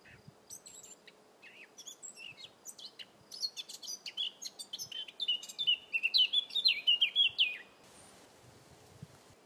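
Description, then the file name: Eurasian blackcap singing a soft chattering warble that swells into loud, clear whistled phrases, then stops abruptly. A faint steady hum runs underneath. "Sylvia atricapilla"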